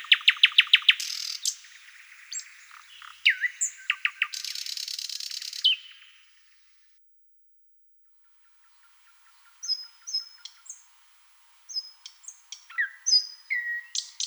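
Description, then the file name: Thrush nightingale song: loud, rapid repeated clicking notes, a whistled slur and a dry buzzing rattle, then a pause of silence before sharper high whistled phrases resume. "solovey obyknovennyy golos"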